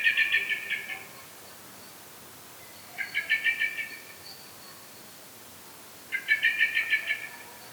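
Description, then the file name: Common blackbird rattling chatter: three bursts of rapid harsh notes, roughly three seconds apart, each fading slightly at the end. "Turdus merula"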